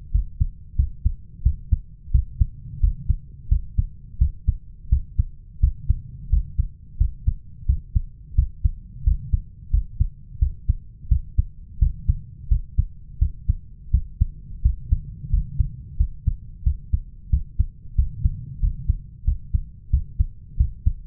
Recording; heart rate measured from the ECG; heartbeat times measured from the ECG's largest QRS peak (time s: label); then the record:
heart sounds by stethoscope; 88 bpm
0.14 s: heartbeat
0.78 s: heartbeat
1.45 s: heartbeat
2.13 s: heartbeat
2.82 s: heartbeat
3.51 s: heartbeat
4.20 s: heartbeat
4.91 s: heartbeat
5.62 s: heartbeat
6.32 s: heartbeat
7.00 s: heartbeat
7.68 s: heartbeat
8.37 s: heartbeat
9.06 s: heartbeat
9.73 s: heartbeat
10.41 s: heartbeat
11.10 s: heartbeat
11.81 s: heartbeat
12.51 s: heartbeat
13.21 s: heartbeat
13.93 s: heartbeat
14.64 s: heartbeat
15.32 s: heartbeat
15.99 s: heartbeat
16.65 s: heartbeat
17.32 s: heartbeat
17.97 s: heartbeat
18.62 s: heartbeat
19.27 s: heartbeat
19.92 s: heartbeat
20.59 s: heartbeat
From the record:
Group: healthy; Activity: rest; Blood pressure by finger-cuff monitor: 142/89 mmHg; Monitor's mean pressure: 107 mmHg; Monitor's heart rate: 88 bpm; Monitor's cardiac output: 7.2 L/min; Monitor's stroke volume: 82 mL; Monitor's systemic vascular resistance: 1100 dyn s/cm5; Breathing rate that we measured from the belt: 19 breaths a minute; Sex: male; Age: 21 years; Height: 175 cm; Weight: 72.6 kg